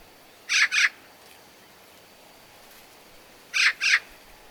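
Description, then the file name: Eurasian magpie calls, two harsh doubled rasps about three seconds apart, the background otherwise quiet. "Pica pica"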